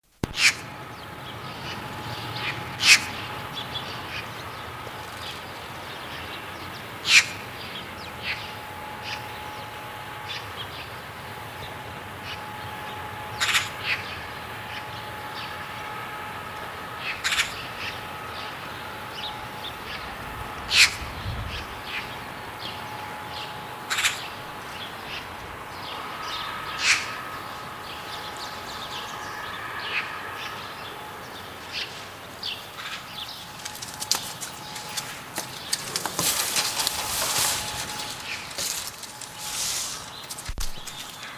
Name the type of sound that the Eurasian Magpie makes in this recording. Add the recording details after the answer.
call. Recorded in the wild. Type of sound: call. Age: adult. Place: Tierpark Berlin, Berlin, DE. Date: 1983-12-24. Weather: sunny, 1-3°C, no wind. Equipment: Nagra SN, Sennheiser MKH 416 T, Kopie Uher 4000 Report Monitor. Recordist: Tembrock, Günter. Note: Zwei Exemplare, freifliegend: Rufe, Wechselrufe